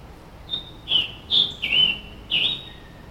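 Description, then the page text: Scarlet tanager with a hoarse, burry song phrase: five scratchy notes alternating high and low, delivered at an uneven pace over about two seconds. Recorded in Maryland, United States. "Maryland Biodiversity. Scarlet Tanager ( Piranga olivacea )"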